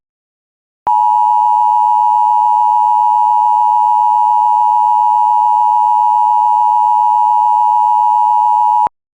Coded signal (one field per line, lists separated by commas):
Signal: Emergency Alert System (SAME) tones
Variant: 853 and 960 Hz attention tone